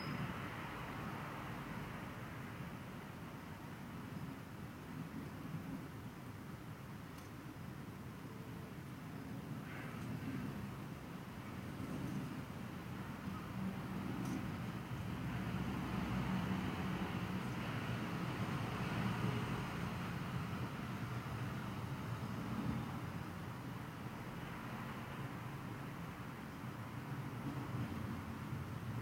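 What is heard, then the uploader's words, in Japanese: Ambient sound recorded from a house window: a steady, dense low rumble of passing traffic or a train fills the whole stretch. It swells a little from about 12 to 20 seconds, with a few faint ticks and knocks scattered over the constant hiss. 私の家の窓辺から録音した環境音。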